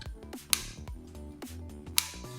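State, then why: Seated. The hinged lid of a plastic Oppo Enco X2 wireless-earbud charging case is snapped shut onto the case body twice, with sharp clicks at 0.5 s and 2.0 s over background music and quieter clatter. Each time the lid seats closed with a crisp snap.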